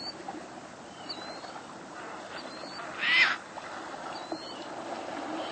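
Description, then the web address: Caspian tern giving a single short, hoarse rasping call midway, with faint high squeaks and a steady noisy background. "cotor. Caspian Tern"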